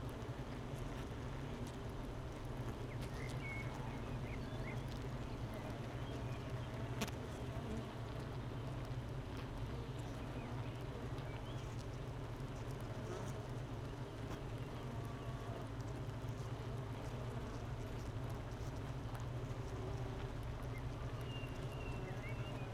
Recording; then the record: honeybee colony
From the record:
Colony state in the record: missing queen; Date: 31 May 2018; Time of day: 9:18